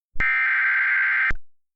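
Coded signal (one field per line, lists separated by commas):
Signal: Emergency Alert System (SAME) tones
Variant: header bursts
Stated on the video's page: Mock flash flood warning.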